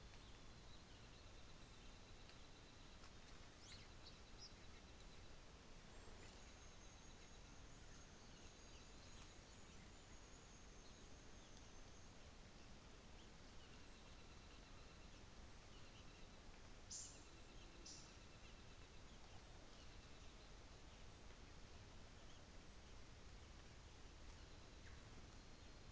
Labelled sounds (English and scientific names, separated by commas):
North Island Saddleback (Philesturnus rufusater), New Zealand Fantail (Rhipidura fuliginosa)